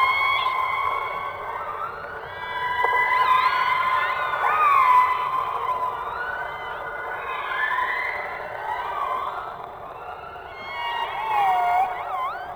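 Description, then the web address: Orca calls underwater: wavering tones with twisting upswept and downswept squeals, overlapping, and a dipping whistle near the end, over steady hiss. "subacuatica Audio archivos Orcas"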